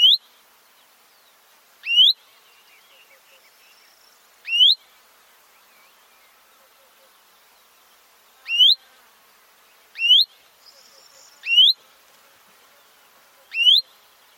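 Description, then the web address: Common chaffinch calls: short, clear whistled notes that sweep sharply upward, given singly at irregular gaps of about one and a half to four seconds. "Deverinetal 2025 File origin Bird Only Fr Co"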